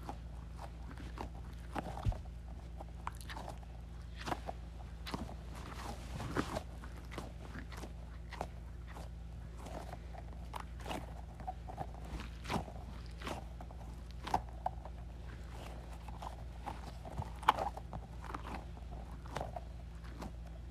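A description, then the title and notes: A squishy goo ball is squeezed over and over, giving soft wet squelches and sharp clicky pops that come about two or three times a second, some louder than others. A steady low hum runs underneath the whole time. ASMR Squeezing a Squishy Goo Ball.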